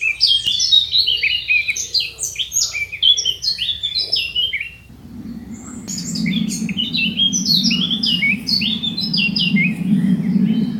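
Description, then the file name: Eurasian blackcap song, rich fast warbling phrases of varied high notes, pausing briefly midway, with a steady low hum beneath the second half. "kapturka"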